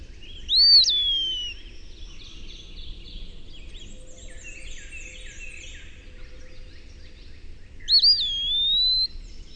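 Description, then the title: Eastern wood pewee: a slurred whistle sweeping up then sliding down, given twice about seven seconds apart, over a soft chorus of birds. "LuckyPassaro Completos2Sama. Eastern Wood Pewee (Contopus virens)"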